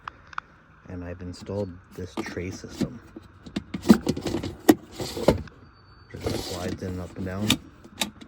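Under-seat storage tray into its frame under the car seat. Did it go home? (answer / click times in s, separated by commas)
yes / 8.0 s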